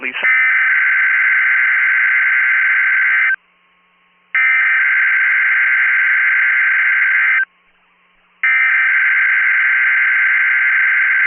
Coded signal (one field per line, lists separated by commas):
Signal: Emergency Alert System (SAME) tones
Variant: header bursts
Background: speech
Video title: EAS Virginia Statewide Tornado Drill NOAA Weather Radio